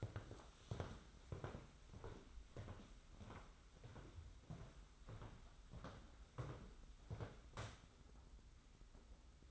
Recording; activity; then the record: daily activity, microphone in the room; walk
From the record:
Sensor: 3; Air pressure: 991.6 hPa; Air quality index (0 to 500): 181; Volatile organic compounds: 1000 ppm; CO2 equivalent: 6028 ppm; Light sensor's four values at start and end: 27/82/33/30 and 39/112/45/40